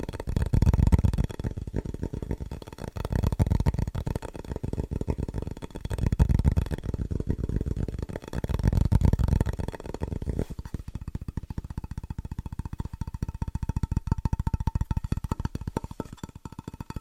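Fast, rhythmic tapping runs the whole time as a dense stream of quick, crisp hits. Up to about ten seconds it swells in fuller, heavier bursts every couple of seconds; after that the taps turn lighter and thinner, with a faint steady tone underneath.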